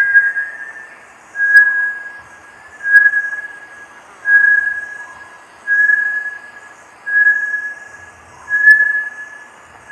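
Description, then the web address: Bartlett's tinamou giving clear, level whistles at a regular pace of about one every one and a half seconds, each note swelling then fading. "sound Bartlett's-tinamou. صدای-پرنده-وشم-بارتلت"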